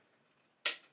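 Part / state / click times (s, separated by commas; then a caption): juicer hopper onto motor base / seated / 0.7 s. The plastic hopper of a Kuvings AUTO10 slow juicer, set on the motor base with its arrow lined up to unlock, is turned to the lock position. After quiet, a single sharp click sounds at 0.7 s and fades quickly, and the hopper is locked in place.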